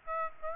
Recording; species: mosquito wingbeat signal from an infrared sensor; Aedes aegypti